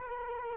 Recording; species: mosquito wingbeat signal from an infrared sensor; Culex quinquefasciatus